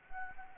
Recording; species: mosquito wingbeat signal from an infrared sensor; Anopheles gambiae